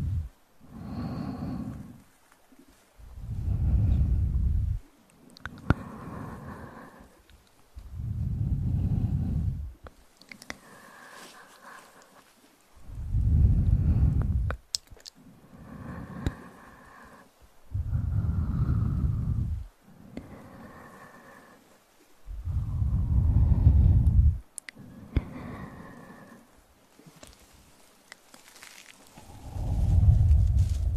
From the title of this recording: Upclose Mouth Sounds, Inaudible Whispering